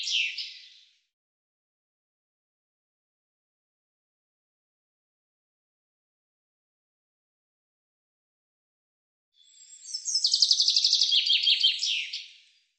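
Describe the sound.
Bird song: a brief tail of a phrase at the start, a long pause, then a full high trill running into falling notes and a flourish.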